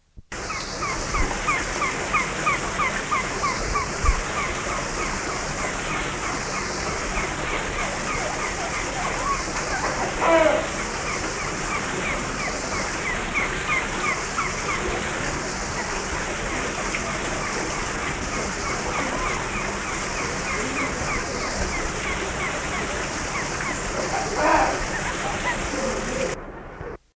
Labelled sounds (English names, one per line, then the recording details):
Bulwer's Pheasant call
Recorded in captivity
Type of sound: call
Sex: female
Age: adult
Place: Vogelpark Walsrode, Niedersachsen, DE
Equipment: Halbspur, 9,5 cm/s
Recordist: Lütgens, Hans
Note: Henne, Hahn dabei in Balzstellung